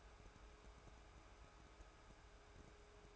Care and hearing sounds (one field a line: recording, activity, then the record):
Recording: daily activity, microphone in the room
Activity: take from stove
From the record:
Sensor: 2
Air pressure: 1010.2 hPa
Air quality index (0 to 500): 161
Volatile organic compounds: 7 ppm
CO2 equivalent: 2025 ppm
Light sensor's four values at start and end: 41/97/44/49 and 41/97/44/49